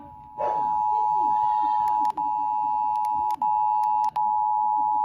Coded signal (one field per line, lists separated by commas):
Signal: Emergency Alert System (SAME) tones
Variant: 853 and 960 Hz attention tone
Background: speech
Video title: EAS #137/148 - 2023 National Periodic Test - (10/04/2023)